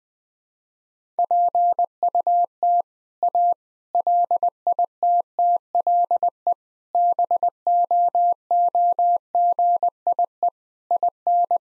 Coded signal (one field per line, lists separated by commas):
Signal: Morse code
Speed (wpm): 20 wpm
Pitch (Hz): 700 Hz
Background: none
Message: PUT A LITTLE BOOGIE IN